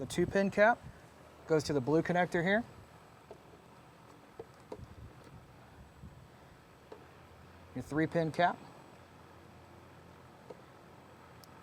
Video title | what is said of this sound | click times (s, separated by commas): 2024+ Mustang GT and Dark Horse VMP Gen 6 3.0 L Supercharger Kit Installation Video | And this one, you'll feel it click. Lock it. | 11.4 s